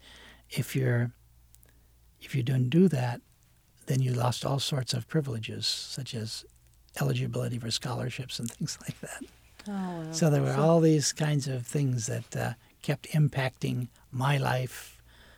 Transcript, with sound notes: If you're – if you don't do that then you lost all sort of privileges such as eligibility for scholarships [laughing] and things like that. So there were all these kinds of things that kept impacting my life